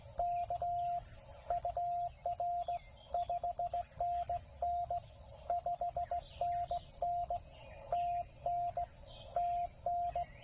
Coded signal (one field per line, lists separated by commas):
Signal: Morse code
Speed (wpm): 17 wpm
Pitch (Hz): 700 Hz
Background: radio noise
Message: K UR 5NN 5NN TN TN